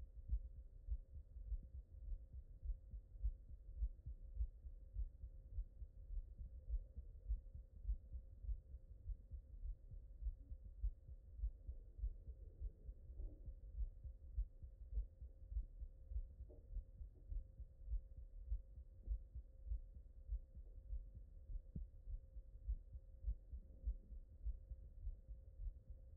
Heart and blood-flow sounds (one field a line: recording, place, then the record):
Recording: heart sounds by stethoscope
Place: mitral valve (MV)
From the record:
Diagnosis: non-HFrEF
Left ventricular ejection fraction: 70%